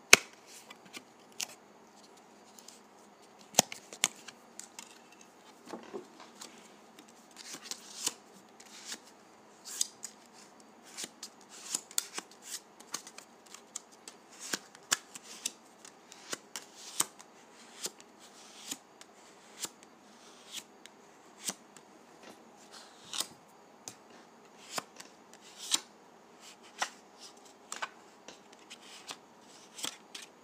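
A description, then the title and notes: Dry putty is squeezed and handled, giving a steady stream of small crisp clicks, crackles and snaps across the whole half-minute. The pops come irregularly, several per second, bright and sharp, over a soft, quiet rustling bed with no low sounds. ASMR Dry Putty.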